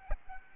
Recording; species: mosquito wingbeat signal from an infrared sensor; Aedes albopictus